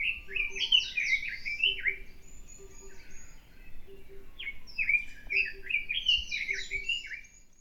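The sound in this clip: Bird song in quick bursts of bright, warbling, slurred notes, phrases returning after a pause, with a low pulsing tone repeated steadily in the background.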